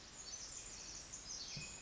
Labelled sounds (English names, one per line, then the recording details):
Pacific Wren
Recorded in Sonoma County, California